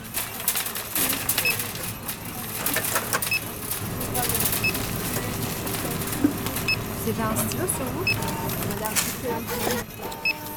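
Supermarket ambience with steady murmured voices, frequent sharp rustles and clinks, and occasional short register beeps throughout, over a low continuous hum.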